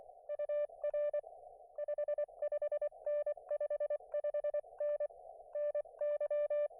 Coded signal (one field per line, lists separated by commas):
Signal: Morse code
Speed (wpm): 23 wpm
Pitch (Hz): 590 Hz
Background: none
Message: UR 55N 55N NY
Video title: A little unplanned POTA at US-5221